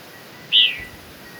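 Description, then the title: Black-crested Warbler giving a single brief, high chip note. "Myiothlypis Nigrocristata"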